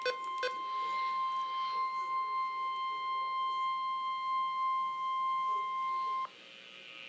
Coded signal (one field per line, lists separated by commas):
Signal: Emergency Alert System (SAME) tones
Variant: 1050 Hz attention tone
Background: speech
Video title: NOAA Weather Radio EAS #76-81